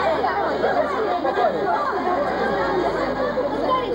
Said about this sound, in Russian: Девушка в свитере и юбке выбегает встречать автобус. Люди выбегают из автобуса.